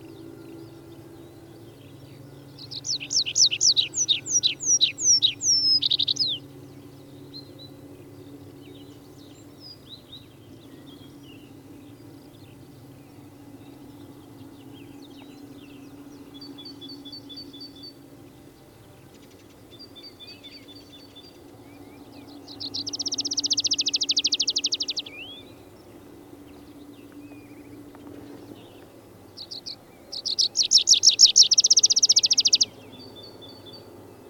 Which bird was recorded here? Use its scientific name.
Anthus trivialis